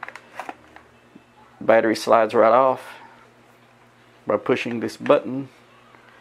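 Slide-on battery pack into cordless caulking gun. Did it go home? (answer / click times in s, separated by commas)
no / none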